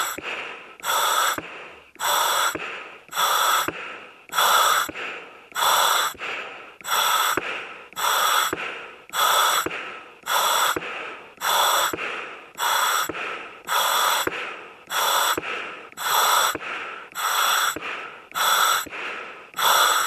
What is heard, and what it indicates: Heavy Breathing on Ventilator.